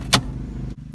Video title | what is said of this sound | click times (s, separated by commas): How To Replace a CD Player in 2009 Toyota Corolla | should slide back and click right into place go | 0.1 s